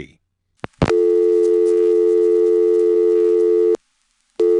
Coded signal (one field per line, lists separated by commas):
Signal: telephone call progress tone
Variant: North America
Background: speech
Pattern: dial tone